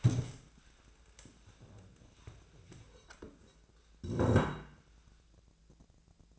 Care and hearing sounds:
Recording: daily activity, microphone in the room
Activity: stand up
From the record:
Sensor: 2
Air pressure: 1000.3 hPa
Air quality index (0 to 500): 161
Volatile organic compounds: 3 ppm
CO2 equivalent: 1346 ppm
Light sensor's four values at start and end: 8/19/8/9 and 8/16/7/8

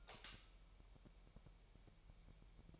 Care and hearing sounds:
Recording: daily activity, microphone in the room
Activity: light off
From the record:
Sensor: 1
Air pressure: 1001.9 hPa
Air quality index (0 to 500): 249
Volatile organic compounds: 54 ppm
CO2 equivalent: 3347 ppm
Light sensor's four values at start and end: 14/48/19/19 and 5/11/4/5

